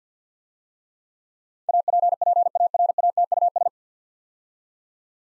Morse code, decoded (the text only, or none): APPARATUS